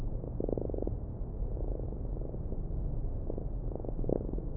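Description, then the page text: Fruit fly courtship song: short trains of rapid low buzzing pulses in several separate bursts, over a constant low hum. Male Drosophila melanogaster courtship song sung to attract females during the mating ritual. "The love song of a fly. Research Institute of Molecular Pathology (IMP)"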